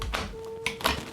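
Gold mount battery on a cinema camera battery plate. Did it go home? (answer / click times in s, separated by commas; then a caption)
no / none. A gold mount battery is pressed onto a cinema camera battery plate on a second attempt, giving short tapping knocks near 0.0, 0.2, 0.7 and 0.9 s over a faint steady tone. It attaches without the usual click; nothing has clicked yet, though the battery is believed to be on.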